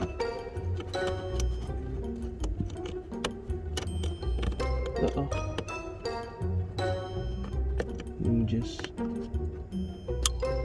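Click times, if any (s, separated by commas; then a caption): 10.3 s. The second Pedal Commander throttle controller harness connector is pushed into the pedal cord plug of a 2020 Jeep Grand Cherokee Limited X over steady background music and someone talking. One loud, short plastic click at 10.3 s shows the connector is seated.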